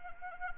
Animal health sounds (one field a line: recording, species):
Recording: mosquito wingbeat signal from an infrared sensor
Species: Anopheles arabiensis